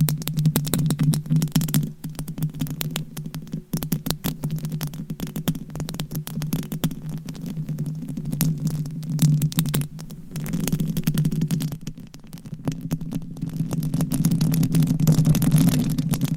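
Mic scratching makes a dense, continuous rustling with a low droning hum underneath, rough crackles throughout and brief dips near 4 and 12 seconds.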